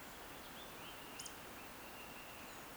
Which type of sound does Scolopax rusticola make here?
whistle